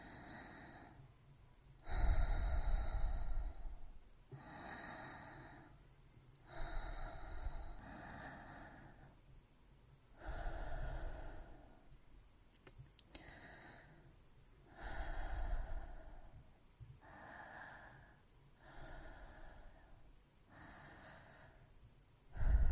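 Soft breathing with a gentle rubbing, airy quality, each breath rising and falling in a slow, even rhythm about every two to three seconds. Some inhales are stronger and deeper, near 2, 10 and 15 seconds, with quieter, hissing exhales between.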